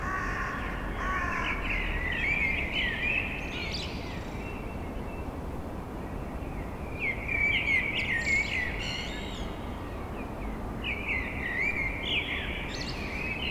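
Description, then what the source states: Crows cawing in harsh, clustered bursts near the start, middle and end, over a steady background noise. Unusual outburst by several crows heard in a city on the morning of 28 March, between dawn and daybreak.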